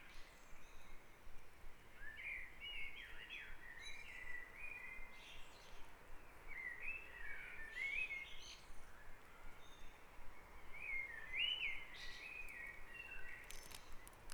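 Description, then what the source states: Bird song, several warbling whistled phrases a few seconds long separated by short pauses, over a steady low rumble of background noise. Dawn chorus recorded on Back Dragon Avenue, Harrogate, as part of a sound map of Harrogate.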